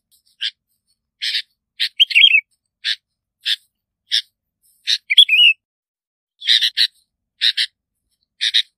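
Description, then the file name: Bulbul calls: short sharp chipping notes at irregular intervals, with two brief liquid warbled phrases mixed in, all high-pitched against a silent background. "Tieng chao mao bong lau"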